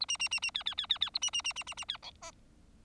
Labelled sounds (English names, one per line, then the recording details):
Bengalese Finch song
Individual Bird4